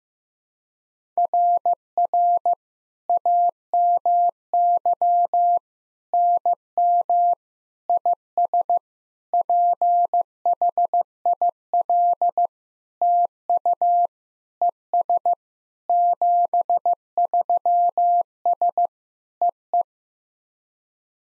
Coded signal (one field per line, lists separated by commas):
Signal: Morse code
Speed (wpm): 15 wpm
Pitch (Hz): 700 Hz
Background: none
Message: RR AMY NM IS PHIL TU ES 73S EE